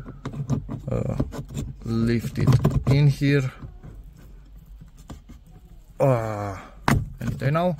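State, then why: Seated. The wiring connector of a Mangoal OEM-style dash camera is plugged into its mating connector by the mirror housing of a Skoda Octavia 2 Facelift, and it clicks into place at 0.3 s. Someone talks through most of the clip, and a few faint handling taps follow around 4.9–5.5 s. The connector is seated.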